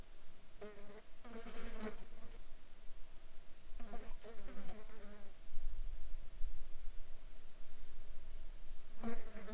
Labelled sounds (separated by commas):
insects